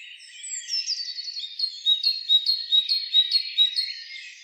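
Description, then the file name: Great tit singing a steady series of bright two-note phrases at a brisk even pace. "Parus major"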